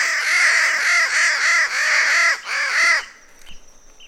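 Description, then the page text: Palm crow calling a run of harsh, rasping caws in quick succession, then stopping abruptly, leaving faint background sounds. "Ian Davies - Пальмовый ворон (Corvus palmarum)"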